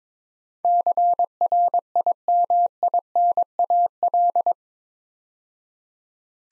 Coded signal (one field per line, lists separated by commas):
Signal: Morse code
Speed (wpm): 22 wpm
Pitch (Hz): 700 Hz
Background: none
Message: CRIMINAL